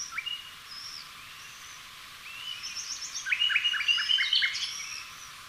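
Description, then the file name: Common nightingale singing: soft scattered notes at first, then a louder phrase of quick, repeated chirps near the end, with faint whistles behind. "Luscinia megarhynchos"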